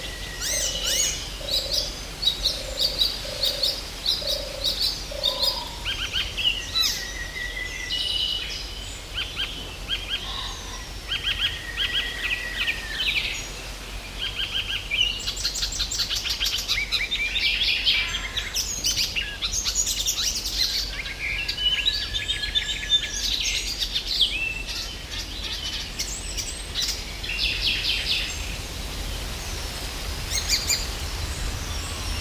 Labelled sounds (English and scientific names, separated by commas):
Icterine Warbler (Hippolais icterina)